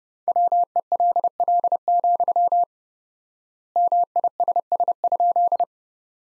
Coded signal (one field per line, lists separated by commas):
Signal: Morse code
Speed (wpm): 32 wpm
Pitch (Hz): 700 Hz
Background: none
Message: WELL, MISS?